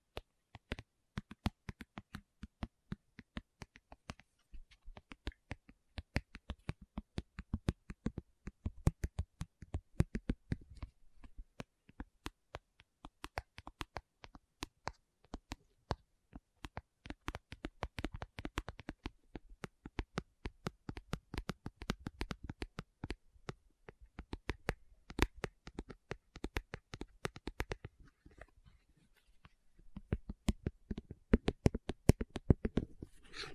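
Fingertips tap rapidly and unevenly on a hard surface, making crisp clicking hits that come in dense bursts. The pace stays busy for most of the half minute, thins to a few soft taps near the 28-second mark, then picks up again toward the end.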